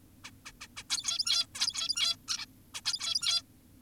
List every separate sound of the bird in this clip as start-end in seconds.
0.24-0.31, 0.46-0.52, 0.61-0.68, 0.77-0.83, 0.90-1.46, 1.55-2.16, 2.28-2.46, 2.74-2.81, 2.85-3.42